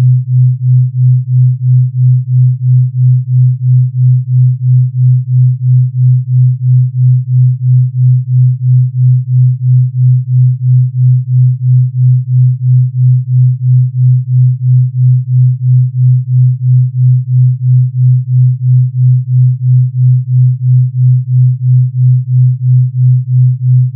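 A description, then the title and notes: A pure delta binaural tone: a single low, smooth hum that never changes pitch, throbbing in a steady beat about three times per second. Nothing else sounds; the pulsing stays perfectly even and constant for the whole clip. Pure Delta Binaural 3 hz.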